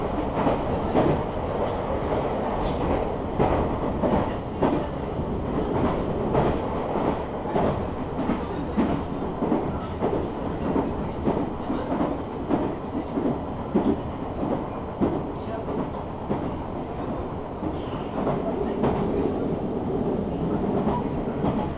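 A ride on the Meitetsu Bisai Line train, with a steady, dense rumble of the carriage running throughout at an even loudness. Quick clicks and knocks from the wheels on the rails come often and irregularly over the low roar.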